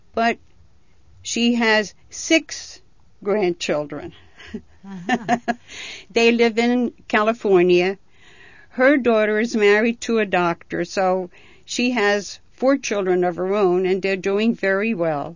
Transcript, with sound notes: but she had six grandchildren. ( she laughs ) They live in California. Her daughter is married to a doctor, so she has four children of her own and they're doing very well.